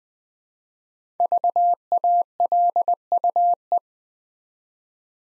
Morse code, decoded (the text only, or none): VALUE